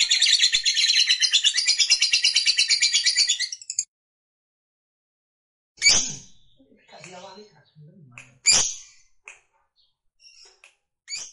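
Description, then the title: Lovebird giving a rapid high chattering song for nearly four seconds, then silence broken by a few short sharp chirps and faint noises. Fighter lovebird singing energetically (gacor). "SUARA Lovebird FIGHTER GACOR"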